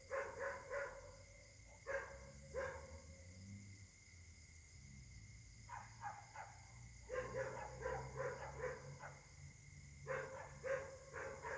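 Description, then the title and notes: Dogs barking in bursts of quick repeated barks with pauses between, a steady high hum and low rumble underneath. Several dogs barking at night in Caltex, 3 Mares, Réunion; recorded on a Samsung Galaxy S8 smartphone with a partly clogged left microphone. "Caltex, 3 mares, Réunion - h08. La nuit s'annonce difficile pour les habitants: concert de chiens"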